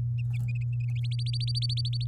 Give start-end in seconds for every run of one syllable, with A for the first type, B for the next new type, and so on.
0.95-2.04 A